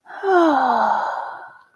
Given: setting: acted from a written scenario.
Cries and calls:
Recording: vocal sound without words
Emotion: serenity

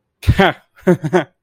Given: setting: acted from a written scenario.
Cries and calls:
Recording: vocal sound without words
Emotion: amusement

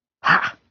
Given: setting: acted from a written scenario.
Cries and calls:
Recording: vocal sound without words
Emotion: triumph

